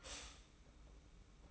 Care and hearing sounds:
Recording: daily activity, microphone in the room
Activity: stop toaster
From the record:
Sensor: 1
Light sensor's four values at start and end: 33/109/42/43 and 33/109/42/43

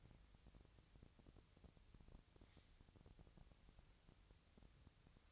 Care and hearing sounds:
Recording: daily activity, microphone in the room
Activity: wipe stove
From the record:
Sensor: 3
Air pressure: 1001.6 hPa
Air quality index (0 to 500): 222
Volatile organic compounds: 30 ppm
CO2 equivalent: 2953 ppm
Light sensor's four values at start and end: 11/33/14/12 and 11/33/14/12

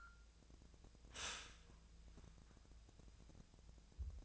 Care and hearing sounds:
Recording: daily activity, microphone in the room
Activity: stop toaster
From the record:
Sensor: 2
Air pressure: 1000.0 hPa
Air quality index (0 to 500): 150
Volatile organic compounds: 2 ppm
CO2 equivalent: 1270 ppm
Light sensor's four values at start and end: 26/65/28/30 and 26/65/28/30

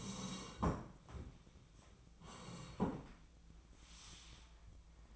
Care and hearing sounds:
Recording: daily activity, microphone in the room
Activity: sit down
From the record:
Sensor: 1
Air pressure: 1012.3 hPa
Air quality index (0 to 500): 171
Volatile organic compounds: 3 ppm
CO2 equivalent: 1401 ppm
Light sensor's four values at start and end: 45/122/50/61 and 45/121/50/61

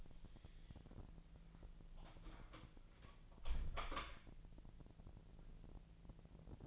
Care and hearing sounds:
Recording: daily activity, microphone in the room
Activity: close door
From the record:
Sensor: 5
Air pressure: 1001.3 hPa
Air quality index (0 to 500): 249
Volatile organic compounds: 35 ppm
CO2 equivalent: 3066 ppm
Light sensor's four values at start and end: 37/85/34/33 and 37/85/34/33

